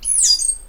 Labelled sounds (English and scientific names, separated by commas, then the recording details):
Stitchbird (Notiomystis cincta) song
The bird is a male
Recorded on Tiritiri Matangi Island, New Zealand, in 2005
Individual 12, of nest box 16